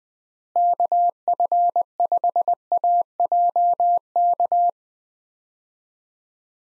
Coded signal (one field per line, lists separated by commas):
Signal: Morse code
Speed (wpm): 20 wpm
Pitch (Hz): 700 Hz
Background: none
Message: KF5AJK